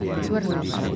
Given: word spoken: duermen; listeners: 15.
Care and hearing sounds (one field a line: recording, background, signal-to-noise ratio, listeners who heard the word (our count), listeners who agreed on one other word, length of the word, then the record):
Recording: one Spanish word in noise, from a listening test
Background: eight-talker babble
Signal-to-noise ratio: -2.1 dB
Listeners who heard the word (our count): 0 of 15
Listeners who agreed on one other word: 8 of 15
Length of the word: 0.56 s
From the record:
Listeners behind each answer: 8, 2, 1, 1, 1, 1, 1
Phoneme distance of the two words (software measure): 38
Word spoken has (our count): 2 syllables, 7 phonemes, stress on syllable 1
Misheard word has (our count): 2 syllables, 7 phonemes, stress on syllable 1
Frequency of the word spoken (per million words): 4.46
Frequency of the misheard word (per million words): 6.72